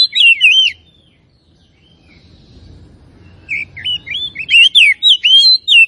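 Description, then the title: Oriental magpie-robin song: a short burst of bright, twisting whistles, a pause of about three seconds, then a rapid run of varied slurred and rising notes. At Tretes; singing vigorously (gacor). "Kacer Tretes"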